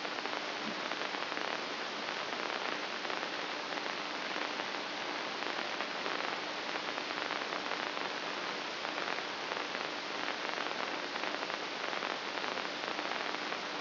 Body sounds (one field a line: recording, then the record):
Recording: brain microelectrode recording played as sound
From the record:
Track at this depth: outside the subthalamic nucleus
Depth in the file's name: 1.938 mm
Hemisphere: left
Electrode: 2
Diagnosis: Parkinson's disease